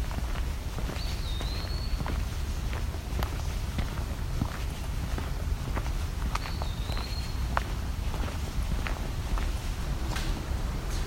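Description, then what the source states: Eastern Wood-Pewee song: two clear whistled phrases, each sliding down then up, several seconds apart, with footsteps crunching underneath throughout. Sings all day, probably with breaks here and there; keeps singing late into the season, heard especially early in the morning and late at night.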